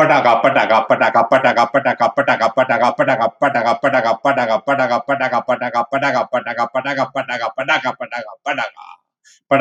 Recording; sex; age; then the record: repeated syllables /pa ta ka/; male; 60 to 69 years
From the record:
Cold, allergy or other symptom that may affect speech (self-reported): no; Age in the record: 64 years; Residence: California, United States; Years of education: 18